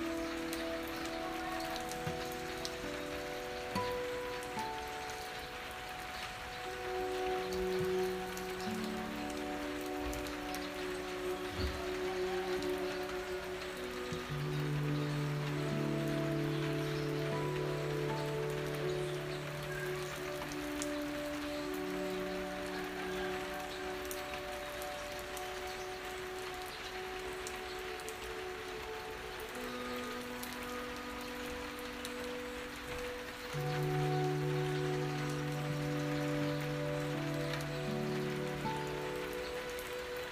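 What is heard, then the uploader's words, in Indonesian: Steady, dense rain patters throughout, with low sustained humming tones shifting in pitch underneath, swelling slightly around fifteen and thirty-four seconds. Di episode ini hanya ada suara hujan.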